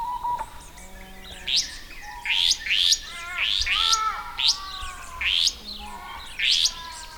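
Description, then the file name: Restless flycatcher: rasping rising notes repeated roughly every second over softer whistled, downslurred notes. "Myiagra Inquieta"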